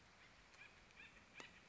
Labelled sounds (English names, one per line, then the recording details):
Acorn Woodpecker
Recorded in Sonoma County, California